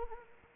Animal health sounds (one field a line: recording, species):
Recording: mosquito wingbeat signal from an infrared sensor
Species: Anopheles arabiensis